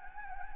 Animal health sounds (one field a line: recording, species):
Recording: mosquito wingbeat signal from an infrared sensor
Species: Anopheles gambiae